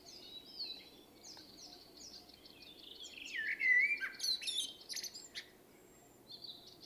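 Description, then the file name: Common blackbird delivering one loud mellow warble midway, framed by thin high twittering and scratchy squeaks. "Turdus merula"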